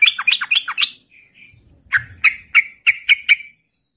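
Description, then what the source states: Yellow-vented bulbul chattering song: a quick run of rolling notes, then a slower series of sharp chirps. Known locally as trucukan; long rapid song style (ropel panjang) used as a masteran tutor recording for songbirds.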